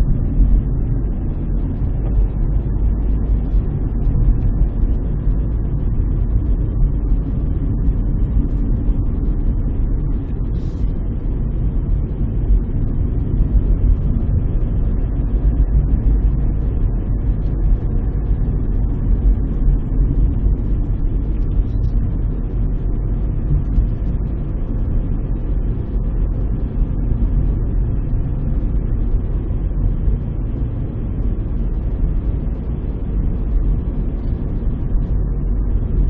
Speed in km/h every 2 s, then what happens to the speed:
38, 41, 42, 43, 42, 41, 40, 39, 39, 38, 40, 43, 44, 43, 44, 46, 46, 44.
0-18 steady at about 40. 18-23 speeds up to 44. 23-36 steady at about 44.